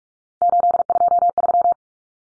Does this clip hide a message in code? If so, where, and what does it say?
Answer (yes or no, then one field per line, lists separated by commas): yes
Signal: Morse code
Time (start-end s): 0.4-1.7 s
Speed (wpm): 44 wpm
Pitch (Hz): 700 Hz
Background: none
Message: 823